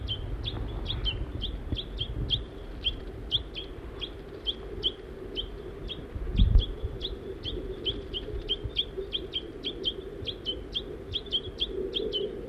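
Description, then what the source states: Crossbill calls: a steady, rapid series of short chipping notes over low background rumble. Family of four, adult male, female and two juveniles, in Virginia and Table Mountain pines; female and juvenile feeding.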